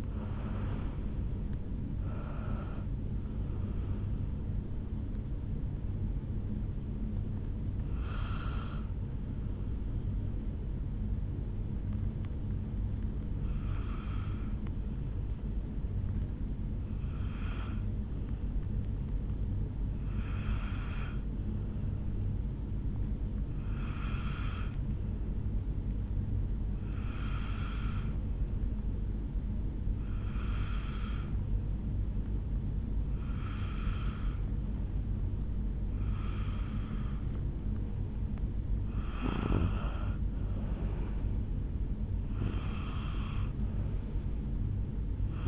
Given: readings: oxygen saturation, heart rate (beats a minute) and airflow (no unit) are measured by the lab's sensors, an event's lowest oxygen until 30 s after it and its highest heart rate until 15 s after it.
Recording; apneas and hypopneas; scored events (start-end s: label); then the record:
breathing in sleep by a smartphone at the bedside; 1
14.00-40.20 s: hypopnea (N1, oxygen 96% highest, then 90% lowest, heart rate 69 at the start, 76 highest)
From the record:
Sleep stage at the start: N1 (lightest sleep); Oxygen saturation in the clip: 70 to 96%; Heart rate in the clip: 66 to 86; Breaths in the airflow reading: 11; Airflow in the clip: -8.9 to 9.0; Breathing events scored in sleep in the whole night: 449 in 7.0 hours asleep